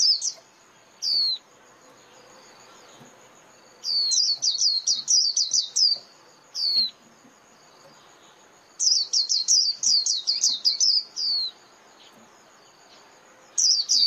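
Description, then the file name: White-eye alternating single high, thin, downslurred notes with fast bursts of twittering chirps, separated by silent pauses. Lure call used for trapping white-eyes, known as mồi. "Tieng khuyen moi"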